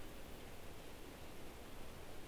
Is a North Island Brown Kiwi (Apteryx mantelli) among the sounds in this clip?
no